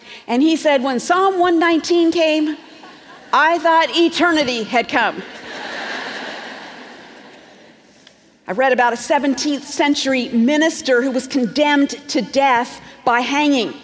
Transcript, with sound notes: And he said, “When Psalm 119 came, I thought eternity had come.” (laughter) I read about a seventeenth century minister who was condemned to death by hanging.